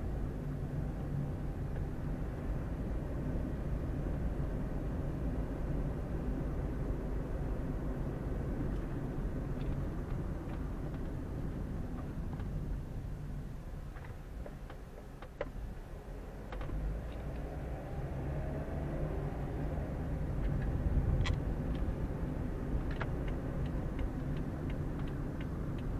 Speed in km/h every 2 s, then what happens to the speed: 23, 26, 29, 31, 32, 26, 9, 7, 11, 19, 24, 28, 29.
0-8 speeds up to 32. 8-15 brakes to 7. 15-26 speeds up to 29.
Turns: none.